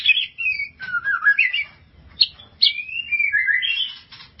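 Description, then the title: White-rumped shama giving short fluty whistles, one dipping low then rising, followed by bright upslurred and descending whistled notes. "Kicau Murai Batu"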